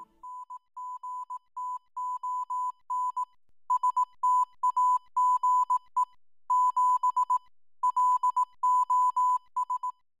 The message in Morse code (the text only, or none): NGTON STAGE 7 LOS